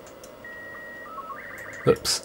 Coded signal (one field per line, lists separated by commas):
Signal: SSTV (slow-scan television)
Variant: Robot 36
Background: speech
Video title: FT-991A SSTV